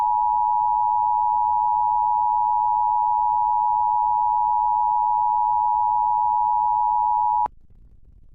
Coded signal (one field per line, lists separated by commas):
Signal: Emergency Alert System (SAME) tones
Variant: 853 and 960 Hz attention tone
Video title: EAS - Bread Bank